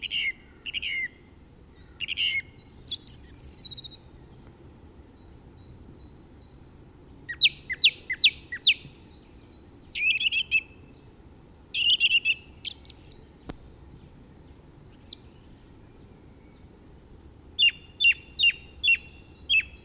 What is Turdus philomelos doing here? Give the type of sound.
song